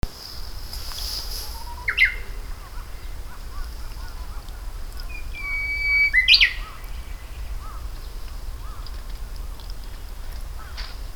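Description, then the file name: Japanese bush warbler singing: a brief whistled note early on, then a sustained flat whistle ending in a sharp, rapid flourish, with steady low background hum throughout. "uguisu"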